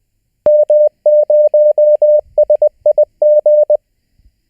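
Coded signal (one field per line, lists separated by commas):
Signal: Morse code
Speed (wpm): 20 wpm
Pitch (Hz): 600 Hz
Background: none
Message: M0SIG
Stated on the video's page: Morse lesson homework for the fourth session of a learning series.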